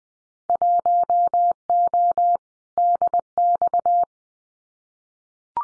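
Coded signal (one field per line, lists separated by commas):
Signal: Morse code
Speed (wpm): 20 wpm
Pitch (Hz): 700 Hz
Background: none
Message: 1O DX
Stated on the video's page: Simulated Winter Field Day exchanges in Morse at 20 wpm for head-copy practice, each sent, spoken, then sent again.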